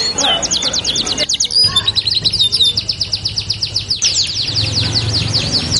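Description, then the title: Belgian canary song, fast high trills in bursts with short gaps, over a low background rumble. Belgian canary song used to warm up and stimulate canaries to sing; said to make canaries respond and join in within seconds. "Canto Para Esquentar Canário Belga. LANGSUNG NYAUT. Pancingan suara kenari hitungan detik langsung ikut bunyi"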